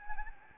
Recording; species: mosquito wingbeat signal from an infrared sensor; Anopheles gambiae